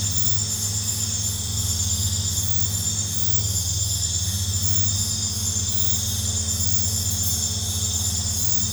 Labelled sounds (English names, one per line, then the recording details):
none
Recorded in pastures near Puerto Asís, Putumayo, Colombia, on 18 December 2024 at 21:30
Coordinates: 0.466, -76.322
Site G040